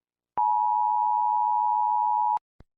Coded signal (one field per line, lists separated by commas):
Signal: Emergency Alert System (SAME) tones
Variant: 853 and 960 Hz attention tone